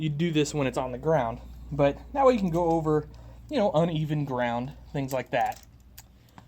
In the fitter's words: but those just lock into place just like the real one anyway so